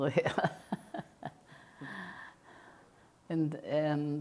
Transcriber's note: chuckles